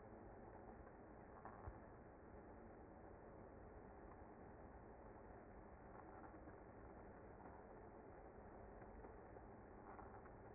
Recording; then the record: honeybee colony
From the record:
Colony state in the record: active